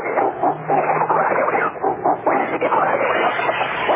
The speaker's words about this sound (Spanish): Muchos pájaros siguen asustados. También las aves han percibido el peligro y escapan de la roca. Todas huyen en el mismo sentido. Guacamayas, urracas, pájaros. De todos colores huyen asustados por algo.